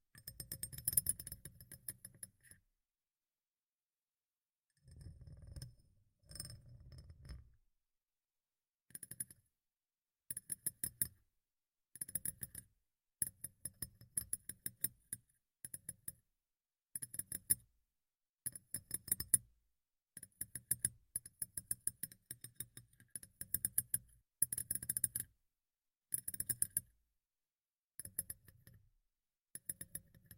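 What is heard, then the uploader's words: ASMR tapping comes in short bursts of quick, crisp taps with a glassy, clinking edge, separated by stretches of silence. The bursts grow more frequent after about ten seconds, each a dense flutter of light strikes with a dull low thump beneath. ASMR Tapping in Your Ear (No Talking).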